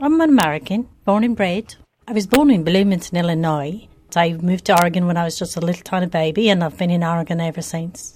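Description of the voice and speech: A woman speaks fluently in short phrases with brief pauses, clear voicing and somewhat flattened intonation, with altered vowels giving a hybrid of English accent, Irish or Gaelic intonations and Scottish flavor. This is foreign accent syndrome, an extremely rare neurologic condition, here believed due to a mild stroke during a dental procedure to have teeth pulled, beginning on waking with a sore, swollen mouth.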